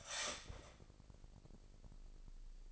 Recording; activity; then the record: daily activity, microphone in the room; start toaster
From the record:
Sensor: 5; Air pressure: 1007.3 hPa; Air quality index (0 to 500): 125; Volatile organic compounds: 1 ppm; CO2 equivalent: 950 ppm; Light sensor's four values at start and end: 25/59/24/24 and 25/59/24/24